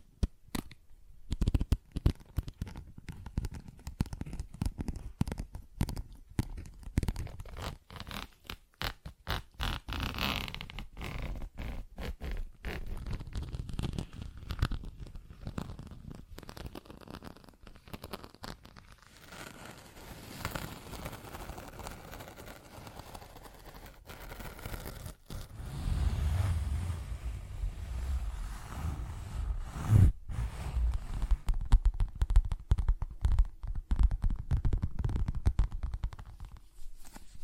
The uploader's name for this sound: Tapping, Scratching & Zipper Sounds